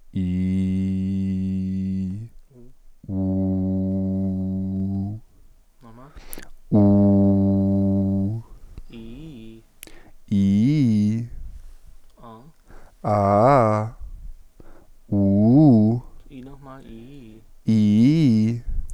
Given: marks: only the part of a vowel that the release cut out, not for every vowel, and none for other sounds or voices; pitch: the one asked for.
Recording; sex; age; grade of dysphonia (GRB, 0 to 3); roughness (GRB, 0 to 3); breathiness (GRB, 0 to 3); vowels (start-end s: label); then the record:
sustained vowels; male; 20 to 29 years; 0; 0; 0
0.36-2.06 s: vowel /i/, low pitch
3.29-4.85 s: vowel /u/, low pitch
13.12-13.81 s: vowel /a/, low-high-low pitch
15.25-15.89 s: vowel /u/, low-high-low pitch
17.72-18.45 s: vowel /i/, low-high-low pitch
From the record:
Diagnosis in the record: healthy voice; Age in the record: 27 years